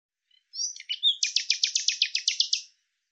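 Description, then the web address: Bird song: brief high notes, then a long, even run of about a dozen rapid, sharp chirps repeated several times a second; clean, silent background. "cianscape birddata Deverinetal 2025 File cleaned normalized Bird Lu Me Lu Me"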